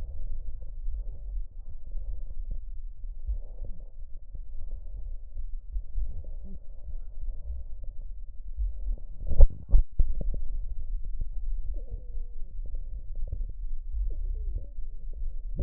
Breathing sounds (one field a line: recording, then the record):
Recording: lung sounds by stethoscope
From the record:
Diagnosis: emphysema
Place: left posterior upper chest